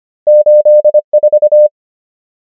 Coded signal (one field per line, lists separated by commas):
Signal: Morse code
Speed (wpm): 25 wpm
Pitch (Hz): 600 Hz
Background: none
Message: 8 4